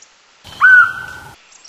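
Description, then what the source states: Red-collared woodpecker giving a single call: one clear, steady whistled note held for just under a second, briefly rising at its start, then fading out. Recorded in Laos.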